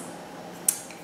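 A plastic end cap is pressed onto a personal aromatherapy inhaler tube to seal it after the wick has been saturated with essential oils. Over quiet background hiss, a single sharp, high-pitched click sounds at 0.7 s as the cap snaps into place, followed by a faint tick around 0.9 s. The cap is seated.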